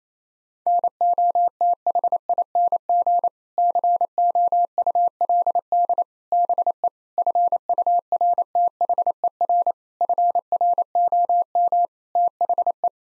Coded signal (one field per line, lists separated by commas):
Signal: Morse code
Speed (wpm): 28 wpm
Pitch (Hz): 700 Hz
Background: none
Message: NOTHING COULD BE FURTHER FROM THE